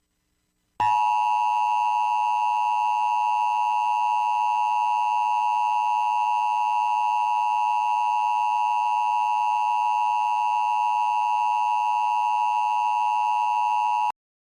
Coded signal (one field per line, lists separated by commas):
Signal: Emergency Alert System (SAME) tones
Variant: 853 and 960 Hz attention tone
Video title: What is? The Emergency Alert System